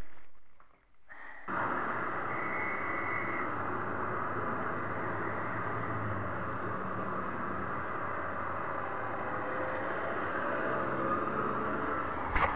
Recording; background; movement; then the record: deep breathing; traffic; sitting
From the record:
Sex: female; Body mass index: 25.5 kg/m2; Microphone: on the chest, facing the body